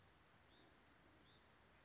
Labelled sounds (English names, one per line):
Hutton's Vireo